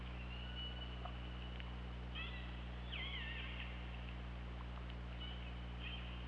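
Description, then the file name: Orca calls, several short wavering and falling tones, some with stacked overtones, above a steady low hum. Recorded on an OrcaLab hydrophone, 24 August 2017 at 21:12:22. "Orca Lab UTLN 20170824 211222"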